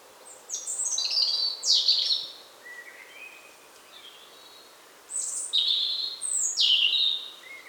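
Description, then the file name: European robin song in two bursts of varied high whistles and trills, sliding notes that tumble and warble, separated by a quieter pause. "Erithacus rubecula"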